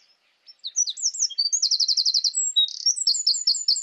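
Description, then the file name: Eurasian wren song starting after a short pause: high slurred notes run into a rapid trill, a brief buzz, then fast repeated phrases cut off at the end. "Troglodytes troglodytes"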